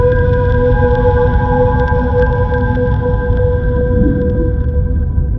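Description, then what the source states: Whale tones: several sustained harmonic notes run through the whole stretch over a dense low rumbling background. Song of a mother whale.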